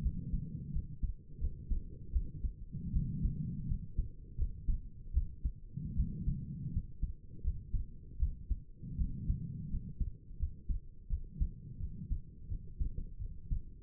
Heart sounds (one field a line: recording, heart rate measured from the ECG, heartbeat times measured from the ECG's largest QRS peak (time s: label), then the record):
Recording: heart sounds by stethoscope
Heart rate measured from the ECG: 82 bpm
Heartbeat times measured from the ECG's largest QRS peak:
0.03 s: heartbeat
0.73 s: heartbeat
1.40 s: heartbeat
2.13 s: heartbeat
2.93 s: heartbeat
3.68 s: heartbeat
4.37 s: heartbeat
5.14 s: heartbeat
5.96 s: heartbeat
6.73 s: heartbeat
7.43 s: heartbeat
8.19 s: heartbeat
8.98 s: heartbeat
9.70 s: heartbeat
10.39 s: heartbeat
11.09 s: heartbeat
11.79 s: heartbeat
12.49 s: heartbeat
13.19 s: heartbeat
From the record:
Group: healthy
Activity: rest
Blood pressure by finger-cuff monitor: 103/62 mmHg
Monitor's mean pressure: 73 mmHg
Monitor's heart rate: 84 bpm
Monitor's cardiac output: 6.8 L/min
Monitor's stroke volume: 84 mL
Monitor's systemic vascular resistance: 760 dyn s/cm5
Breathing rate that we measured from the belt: 20 breaths a minute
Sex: female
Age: 22 years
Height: 163 cm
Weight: 67.1 kg